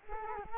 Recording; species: mosquito wingbeat signal from an infrared sensor; Culex quinquefasciatus